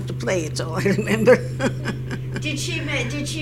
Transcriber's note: she laughs